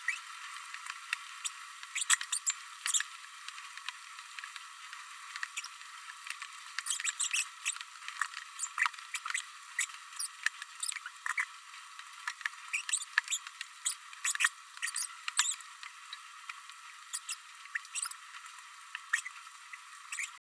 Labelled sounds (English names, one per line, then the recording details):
Green-rumped Parrotlet babbling
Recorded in a nest box in Venezuela
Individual 18B104A3